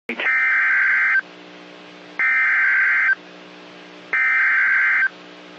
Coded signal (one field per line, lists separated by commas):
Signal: Emergency Alert System (SAME) tones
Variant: header bursts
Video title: FWD Severe Thunderstorm Warning (EAS #53)